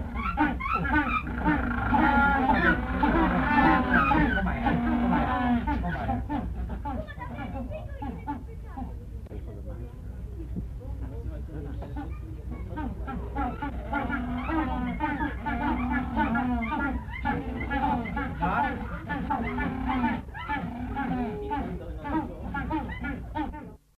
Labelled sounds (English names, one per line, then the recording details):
Magellanic Penguin call
Humboldt Penguin
African Penguin
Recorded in captivity
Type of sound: call
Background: Spheniscus humboldti, Spheniscus demersus
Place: Ruhrzoo Gelsenkirchen, Nordrhein-Westfalen, DE
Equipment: Halbspur, 9,5 cm/s
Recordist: Lütgens, Hans
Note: Rufe bei der Fütterung mit den gleichmäßig tiefen Lauten, außerdem hört man Humboldt- und Brillenpinguine